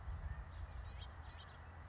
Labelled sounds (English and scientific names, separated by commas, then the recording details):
House Finch (Haemorhous mexicanus)
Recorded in Sonoma County, California